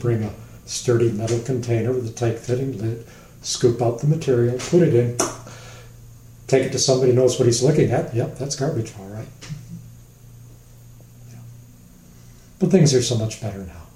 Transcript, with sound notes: You bring a sturdy metal container with a tight-fitting lid, scoop out the material, put it in, [vocal popping sound] take it to somebody who knows what he's looking at, “Yep that's garbage alright.” But things are so much better now.